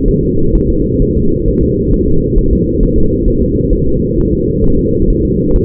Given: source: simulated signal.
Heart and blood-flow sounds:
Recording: fetal heart sounds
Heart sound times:
0.08 s: S1
0.23 s: S2
0.55 s: S1
0.70 s: S2
1.02 s: S1
1.17 s: S2
1.48 s: S1
1.63 s: S2
1.94 s: S1
2.08 s: S2
2.38 s: S1
2.53 s: S2
2.83 s: S1
2.98 s: S2
3.28 s: S1
3.42 s: S2
3.73 s: S1
3.88 s: S2
4.18 s: S1
4.33 s: S2
4.64 s: S1
4.79 s: S2
5.10 s: S1
5.25 s: S2
5.56 s: S1
From the record:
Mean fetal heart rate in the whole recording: 130 bpm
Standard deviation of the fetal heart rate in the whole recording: 4 bpm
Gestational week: 38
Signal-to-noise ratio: -16.4 dB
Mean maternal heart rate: 72 bpm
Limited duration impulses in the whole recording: present

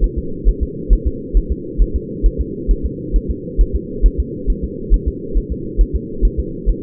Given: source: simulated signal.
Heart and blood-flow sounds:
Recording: fetal heart sounds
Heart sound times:
0.04 s: S1
0.18 s: S2
0.49 s: S1
0.63 s: S2
0.93 s: S1
1.07 s: S2
1.37 s: S1
1.52 s: S2
1.82 s: S1
1.96 s: S2
2.26 s: S1
2.41 s: S2
2.71 s: S1
2.86 s: S2
3.16 s: S1
3.31 s: S2
3.61 s: S1
3.75 s: S2
4.06 s: S1
4.20 s: S2
4.50 s: S1
4.64 s: S2
4.94 s: S1
5.08 s: S2
5.37 s: S1
5.52 s: S2
5.81 s: S1
5.96 s: S2
6.25 s: S1
6.40 s: S2
6.69 s: S1
From the record:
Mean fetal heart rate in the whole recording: 135 bpm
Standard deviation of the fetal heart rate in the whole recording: 3 bpm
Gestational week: 36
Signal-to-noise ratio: -4.3 dB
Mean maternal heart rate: 72 bpm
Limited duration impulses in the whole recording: absent

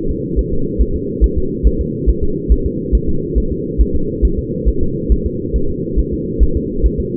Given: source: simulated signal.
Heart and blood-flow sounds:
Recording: fetal heart sounds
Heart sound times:
0.11 s: S2
0.39 s: S1
0.53 s: S2
0.82 s: S1
0.96 s: S2
1.24 s: S1
1.38 s: S2
1.67 s: S1
1.81 s: S2
2.09 s: S1
2.23 s: S2
2.52 s: S1
2.66 s: S2
2.95 s: S1
3.09 s: S2
3.38 s: S1
3.52 s: S2
3.81 s: S1
3.96 s: S2
4.25 s: S1
4.39 s: S2
4.69 s: S1
4.83 s: S2
5.12 s: S1
5.26 s: S2
5.56 s: S1
5.70 s: S2
5.99 s: S1
6.14 s: S2
6.43 s: S1
6.57 s: S2
6.86 s: S1
7.00 s: S2
From the record:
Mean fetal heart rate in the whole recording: 140 bpm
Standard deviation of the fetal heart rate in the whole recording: 2 bpm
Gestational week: 34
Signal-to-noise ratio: -8.1 dB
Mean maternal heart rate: 72 bpm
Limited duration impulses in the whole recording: absent

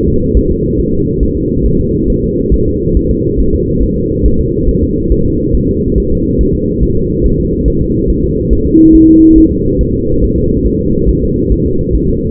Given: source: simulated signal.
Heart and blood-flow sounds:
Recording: fetal heart sounds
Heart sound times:
0.08 s: S2
0.37 s: S1
0.51 s: S2
0.80 s: S1
0.94 s: S2
1.23 s: S1
1.37 s: S2
1.66 s: S1
1.80 s: S2
2.10 s: S1
2.24 s: S2
2.54 s: S1
2.68 s: S2
2.97 s: S1
3.11 s: S2
3.40 s: S1
3.55 s: S2
3.83 s: S1
3.98 s: S2
4.26 s: S1
4.40 s: S2
4.69 s: S1
4.83 s: S2
5.12 s: S1
5.26 s: S2
5.55 s: S1
5.69 s: S2
5.98 s: S1
6.12 s: S2
6.41 s: S1
6.55 s: S2
6.83 s: S1
6.97 s: S2
7.26 s: S1
7.40 s: S2
7.68 s: S1
7.82 s: S2
8.10 s: S1
8.24 s: S2
8.53 s: S1
8.67 s: S2
8.95 s: S1
9.09 s: S2
9.38 s: S1
9.52 s: S2
9.81 s: S1
9.95 s: S2
10.24 s: S1
10.38 s: S2
10.67 s: S1
10.81 s: S2
11.09 s: S1
11.23 s: S2
11.52 s: S1
11.66 s: S2
11.95 s: S1
12.09 s: S2
From the record:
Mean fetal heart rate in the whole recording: 140 bpm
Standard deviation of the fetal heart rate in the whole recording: 2 bpm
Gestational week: 34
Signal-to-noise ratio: -15.3 dB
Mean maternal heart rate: 72 bpm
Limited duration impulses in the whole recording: present

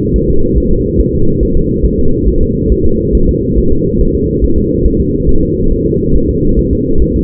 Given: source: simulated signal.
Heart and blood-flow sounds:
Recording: fetal heart sounds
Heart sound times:
0.16 s: S1
0.30 s: S2
0.58 s: S1
0.72 s: S2
1.00 s: S1
1.15 s: S2
1.43 s: S1
1.57 s: S2
1.85 s: S1
1.99 s: S2
2.28 s: S1
2.43 s: S2
2.72 s: S1
2.86 s: S2
3.15 s: S1
3.29 s: S2
3.58 s: S1
3.72 s: S2
4.01 s: S1
4.15 s: S2
4.44 s: S1
4.58 s: S2
4.86 s: S1
5.00 s: S2
5.29 s: S1
5.43 s: S2
5.72 s: S1
5.86 s: S2
6.15 s: S1
6.30 s: S2
6.59 s: S1
6.73 s: S2
7.02 s: S1
7.16 s: S2
From the record:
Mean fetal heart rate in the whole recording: 140 bpm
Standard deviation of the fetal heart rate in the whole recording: 2 bpm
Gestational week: 34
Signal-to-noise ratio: -17.7 dB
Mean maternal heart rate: 72 bpm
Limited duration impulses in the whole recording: present

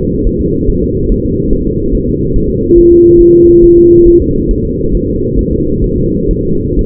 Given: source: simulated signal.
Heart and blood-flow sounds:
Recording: fetal heart sounds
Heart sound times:
0.27 s: S1
0.41 s: S2
0.70 s: S1
0.84 s: S2
1.12 s: S1
1.26 s: S2
1.53 s: S1
1.67 s: S2
1.95 s: S1
2.09 s: S2
2.36 s: S1
2.50 s: S2
2.78 s: S1
2.92 s: S2
3.21 s: S1
3.35 s: S2
3.64 s: S1
3.78 s: S2
4.08 s: S1
4.22 s: S2
4.51 s: S1
4.65 s: S2
4.95 s: S1
5.09 s: S2
5.39 s: S1
5.53 s: S2
5.84 s: S1
5.98 s: S2
6.31 s: S1
6.45 s: S2
6.79 s: S1
From the record:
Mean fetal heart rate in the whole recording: 135 bpm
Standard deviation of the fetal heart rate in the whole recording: 3 bpm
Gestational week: 36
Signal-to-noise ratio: -15.3 dB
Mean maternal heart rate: 72 bpm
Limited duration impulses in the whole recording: present

